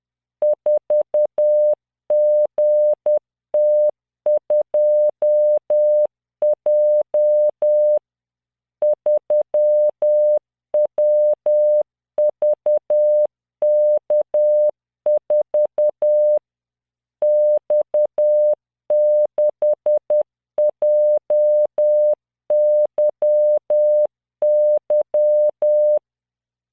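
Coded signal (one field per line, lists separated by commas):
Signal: Morse code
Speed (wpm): 10 wpm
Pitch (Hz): 600 Hz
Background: none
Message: 4GT2J 3WVK4 X6JYY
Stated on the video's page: Morse practice drill at 10 WPM, 600 Hz tone, standard 3-dot spacing, random five-character groups generated by CW training software.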